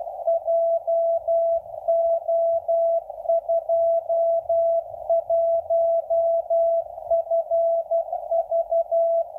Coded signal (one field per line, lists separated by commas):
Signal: Morse code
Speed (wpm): 12 wpm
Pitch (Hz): 670 Hz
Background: none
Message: JO21FV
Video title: PI7SIX/S 6 meter beacon received in Amsterdam NEW frequency